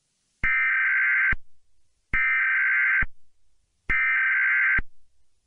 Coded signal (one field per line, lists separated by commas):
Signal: Emergency Alert System (SAME) tones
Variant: header bursts